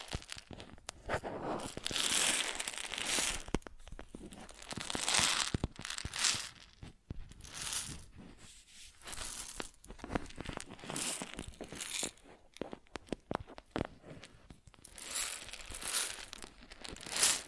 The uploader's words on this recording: ASMR Grain Sounds (No Talking).